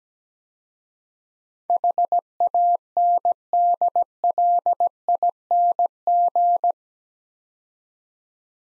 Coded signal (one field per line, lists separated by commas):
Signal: Morse code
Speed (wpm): 17 wpm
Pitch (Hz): 700 Hz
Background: none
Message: HANDLING